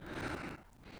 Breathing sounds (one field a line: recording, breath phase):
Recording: one breath near a microphone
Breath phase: exhalation